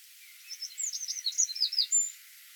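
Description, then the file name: Eurasian wren giving a quick jumble of thin, high, scratchy notes for about a second and a half, rising and falling rapidly, with soft background hiss. "Troglodytes troglodytes"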